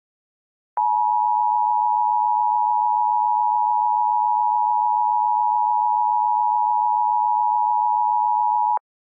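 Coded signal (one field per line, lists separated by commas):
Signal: Emergency Alert System (SAME) tones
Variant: 853 and 960 Hz attention tone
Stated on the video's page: Fictional EAS scenario, not a real alert.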